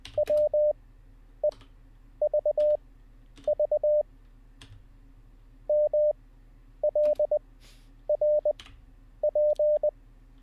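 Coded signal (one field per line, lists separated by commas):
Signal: Morse code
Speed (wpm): 20 wpm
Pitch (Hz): 600 Hz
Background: none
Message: WEVV MLRP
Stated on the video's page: Live Morse code learning practice session.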